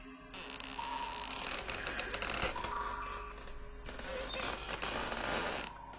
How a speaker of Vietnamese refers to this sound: Tôi hãi hùng lạc hết hồn phách khi âm thanh kèn kẹt đến rát tai vang lên. Và tôi nhận ra là cái cửa tủ quần áo nó đang từ từ hé mở.